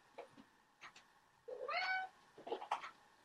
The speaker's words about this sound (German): Ich versuche möglichst leise nebenbei die Katzen zu füttern, weil sie nämlich sonst noch mehr durchdrehen.